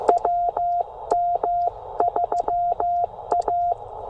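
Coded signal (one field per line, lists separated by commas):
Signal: Morse code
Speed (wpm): 16 wpm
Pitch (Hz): 700 Hz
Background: none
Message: WM3A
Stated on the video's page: POTA activation at 5 watts QRP on a Penntek TR45L with a Bamatech TP III key, rough band conditions.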